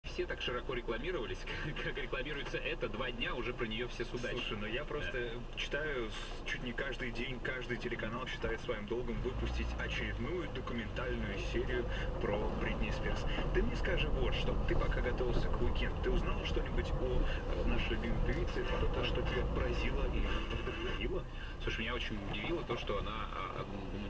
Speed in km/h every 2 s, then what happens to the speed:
0, 0, 0, 0, 0, 0, 7, 9, 9, 8, 5, 0.
0-10 standing. 10-14 pulls away to 9. 14-19 steady at about 9. 19-24 slows to 0.